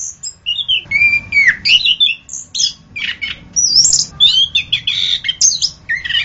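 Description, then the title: Orange-headed thrush singing: slurred descending whistles and scratchy high notes in short bursts, delivered rapidly and without a steady rhythm. "anis kembang"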